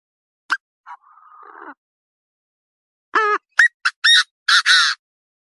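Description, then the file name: Partridge calls: a click, a short note and a soft rasp swelling in loudness, then a burst of six harsh notes, the last two broad grating squawks. "Tieng ga go"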